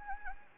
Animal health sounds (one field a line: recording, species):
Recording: mosquito wingbeat signal from an infrared sensor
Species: Anopheles gambiae